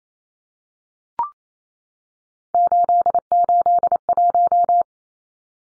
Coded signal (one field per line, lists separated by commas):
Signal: Morse code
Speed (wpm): 28 wpm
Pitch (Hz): 700 Hz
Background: none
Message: 881